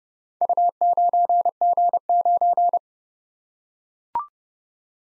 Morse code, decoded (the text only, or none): U9G9